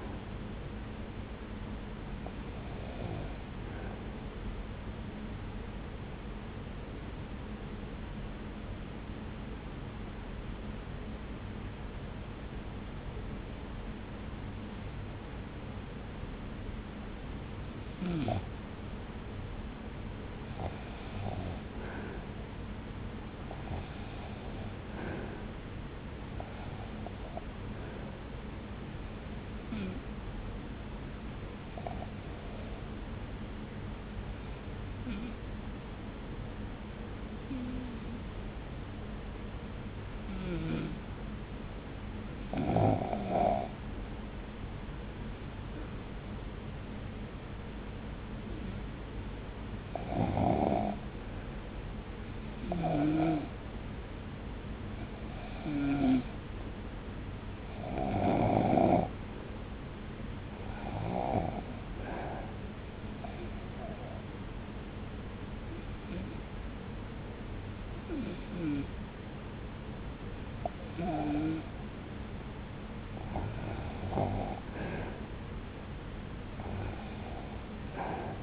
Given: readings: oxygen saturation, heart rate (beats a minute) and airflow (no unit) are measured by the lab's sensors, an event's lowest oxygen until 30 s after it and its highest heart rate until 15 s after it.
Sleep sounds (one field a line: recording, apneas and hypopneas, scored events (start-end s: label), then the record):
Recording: breathing in sleep by a voice recorder at the bedside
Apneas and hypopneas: 3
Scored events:
5.00-22.40 s: hypopnea (REM, oxygen 95% highest, then 82% lowest)
35.00-49.60 s: hypopnea (REM, oxygen 89% highest, then 80% lowest)
63.00-73.50 s: hypopnea (REM, oxygen 82% highest, then 80% lowest)
From the record:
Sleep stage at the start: REM sleep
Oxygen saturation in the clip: 79 to 95%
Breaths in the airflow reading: 28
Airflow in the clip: -1.3 to 1.0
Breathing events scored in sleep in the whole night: 335 in 6.7 hours asleep